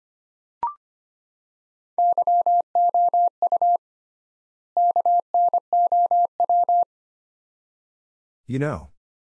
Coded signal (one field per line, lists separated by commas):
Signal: Morse code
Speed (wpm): 25 wpm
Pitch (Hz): 700 Hz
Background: none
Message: YOU KNOW